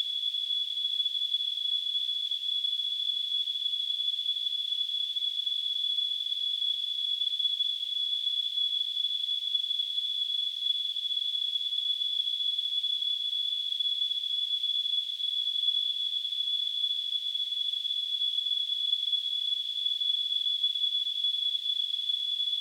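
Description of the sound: A steady, high-pitched whistling tone, around 3 kHz, rides over a soft hiss and holds unchanged for about 22 seconds. It is a simulated tinnitus sound, the constant ringing a person with tinnitus hears.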